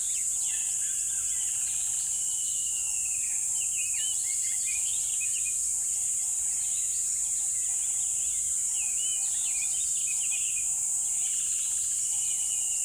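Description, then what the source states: Chorus of birds with long sweeping whistles and short chirps, busy and overlapping, set against a steady hiss and a faint regular humming pulse. Birds chirping in a river bed at dawn, with chirping increasing.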